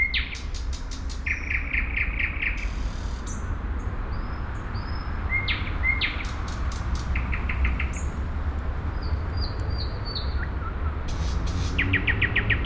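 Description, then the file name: Nightingale singing varied phrases: sharp clicks, rapid repeated notes in short trills, and high whistled slurs, with a steady low rumble underneath throughout. At Sergiyev Posad on 20 May 2011. "nightingale-sergiyevposad-200511"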